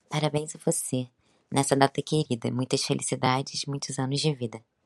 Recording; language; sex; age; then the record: short text; Brazilian Portuguese; female; 20 to 29 years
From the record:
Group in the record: control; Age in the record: 22 years